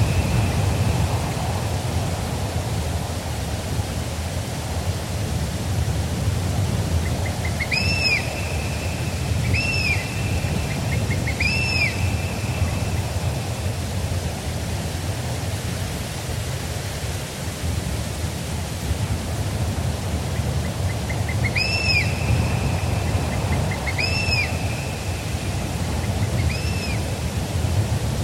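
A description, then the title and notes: A steady breeze rushes through forest trees, a dense, even roar weighted toward the low end. Clear whistled bird-of-prey calls cut through in groups of three, around 8 to 12 seconds and again from about 22 to 26 seconds. Forest Ambience with Birds of Prey. A cool breeze rustles the trees of the forest.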